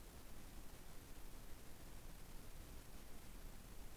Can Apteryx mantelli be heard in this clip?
no